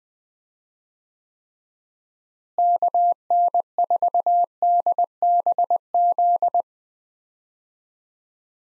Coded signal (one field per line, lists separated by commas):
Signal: Morse code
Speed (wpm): 20 wpm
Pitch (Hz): 700 Hz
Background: none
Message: KN4DBZ